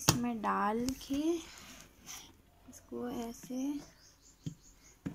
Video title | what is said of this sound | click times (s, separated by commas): MountedMailbox Mountedletterbox MAIL BOX LETTER BOX REVIEW FLIPKART MOUNTED ON THE WALL ONLINE ORDER | घुमा दिए. अब ये हो गया लॉक. | 5.1 s